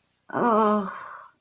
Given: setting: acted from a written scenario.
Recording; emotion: vocal sound without words; embarrassment